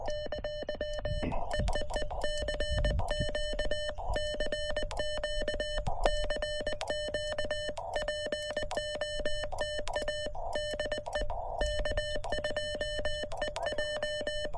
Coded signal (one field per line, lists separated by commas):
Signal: Morse code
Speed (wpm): 20 wpm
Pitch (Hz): 3000 Hz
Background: music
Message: ! EEE CQ CQ CQ POTA DE K2EJ